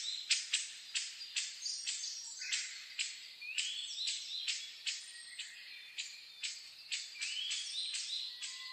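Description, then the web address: Bird calls: sharp clicking chips repeated in a rapid series, with rising whistled notes from other birds weaving between them. Dawn chorus (reimei) of birdsong (saezuri), recorded 10 May 2010 at 04:01. "reimei -saezuri-20100510-0401"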